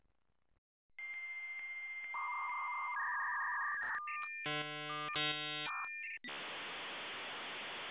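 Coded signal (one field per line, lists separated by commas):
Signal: dial-up modem handshake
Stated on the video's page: Dial-up sound in a fictional Game Boy internet add-on, never real.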